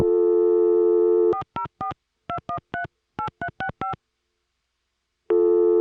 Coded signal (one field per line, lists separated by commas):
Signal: DTMF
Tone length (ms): 100 ms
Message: 4042138365